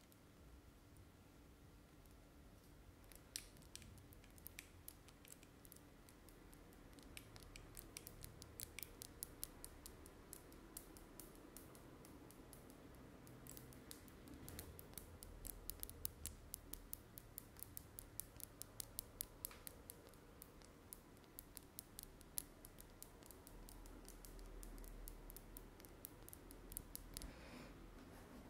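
Long nails tap and scratch on an object, producing sharp, bright clicks that begin sparsely around three seconds and grow dense and rapid through the middle. A low rumble and soft scraping run underneath, and the tapping thins out near the end.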